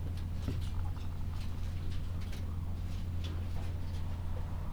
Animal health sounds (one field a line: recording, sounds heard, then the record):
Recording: poultry house recording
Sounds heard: sick chickens (respiratory disease)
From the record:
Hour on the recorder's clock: 12